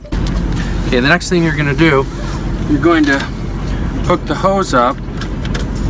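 A red RV sewer hose on a 2012 Fleetwood Tioga Ranger is being handled to push it onto a plastic elbow fitting, over steady low background rumble. Someone talks, and a few short sharp knocks come near the start and end. Nothing has seated or clicked yet.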